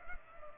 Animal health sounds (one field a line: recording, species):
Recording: mosquito wingbeat signal from an infrared sensor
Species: Culex pipiens